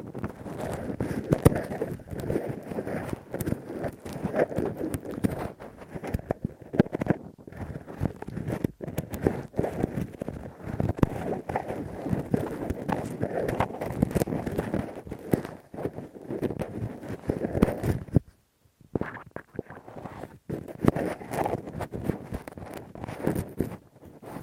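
Deep ear cleaning with a Q-tip and ear pick produces dense, rough scratching and scraping that keeps up almost without pause. The rubbing is mostly low and muffled, with crackly flecks, and goes briefly silent around eighteen seconds before resuming just as thick.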